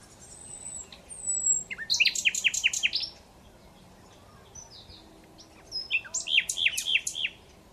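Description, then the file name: Common Nightingale singing thin high whistles, then rattling bursts of rapid repeated notes in two phrases split by a short pause. "Luscinia megarhynchos"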